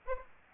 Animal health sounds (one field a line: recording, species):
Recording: mosquito wingbeat signal from an infrared sensor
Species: Aedes aegypti